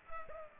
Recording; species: mosquito wingbeat signal from an infrared sensor; Culex pipiens